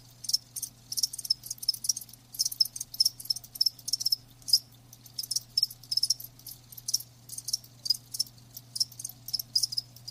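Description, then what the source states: Cricket chirping busily in dense high bursts, with a constant low hum beneath. Live crickets chirping.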